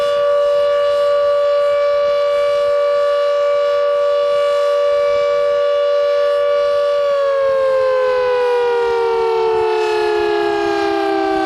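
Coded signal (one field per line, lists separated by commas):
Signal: siren signal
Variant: Carter 1H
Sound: loud steady rich siren wail that starts winding down in pitch after seven seconds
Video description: Signal: Continuous tone, interrupted four times Duration: 210 sec. Meaning: Danger of flooding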